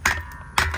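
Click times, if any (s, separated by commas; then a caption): none. A post base cover is pushed up from the bottom onto an aluminum deck railing post, giving two brief sharp clinks around 0.1 s and 0.6 s over a faint sustained ringing tone. The cover has not clicked into place yet, and nothing has seated.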